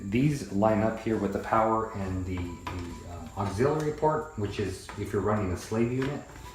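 The plastic top piece of a Jebao DP-4 dosing pump is handled and lined up with the power and auxiliary ports on the base while someone talks throughout. Nothing has seated or clicked yet.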